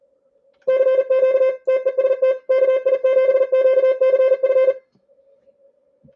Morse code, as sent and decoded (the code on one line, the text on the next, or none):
-.-. --.- / - . ... - / -.- .. --... --.- -.-. ..-.
CQ TEST KI7QCF